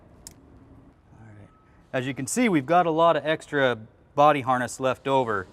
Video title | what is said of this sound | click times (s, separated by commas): Preco Electronic Radar Sensor PreView Sentry Montajı ve Testi | we'll just push into place and you should hear a click as | 0.3 s